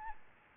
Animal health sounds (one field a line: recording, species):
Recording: mosquito wingbeat signal from an infrared sensor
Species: Aedes albopictus